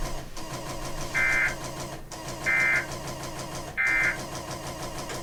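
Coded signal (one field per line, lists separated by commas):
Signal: Emergency Alert System (SAME) tones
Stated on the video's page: Child Abduction Emergency alert received on WJON IP radio stream.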